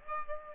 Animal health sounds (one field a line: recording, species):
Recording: mosquito wingbeat signal from an infrared sensor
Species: Aedes aegypti